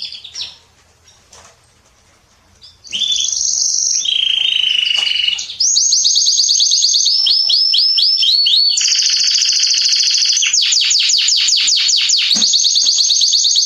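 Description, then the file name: Canary song: quiet opening, then fast buzzy trills and rapid rolling tours that shift pitch every second or two, ending in repeated clipped notes. "Canary Voice"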